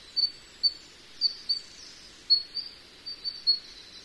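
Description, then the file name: Sakhalin leaf warbler giving sparse, thin, high-pitched notes, some paired, spaced irregularly across a few seconds over soft hiss. "ezomushikui"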